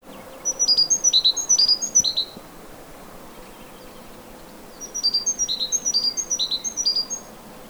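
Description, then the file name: Eurasian blue tit calling in two rapid runs of high, thin chirps, separated by a quiet pause. "Cyanistes caeruleus"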